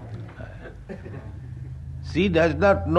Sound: laughter

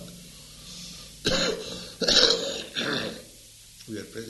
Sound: coughing

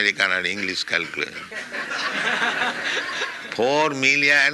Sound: laughter

